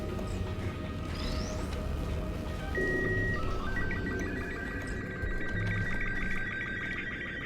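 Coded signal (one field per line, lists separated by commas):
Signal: SSTV (slow-scan television)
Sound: a steady high tone, then quickly stepping, warbling tones between low and high pitch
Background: low background hum, music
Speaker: What you're actually hearing over the radio in this room is what's called slow scan television signals, or SSTV signals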